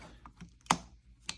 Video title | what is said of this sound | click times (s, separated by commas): April 28, 2025 | So it clicks in place. | 0.7 s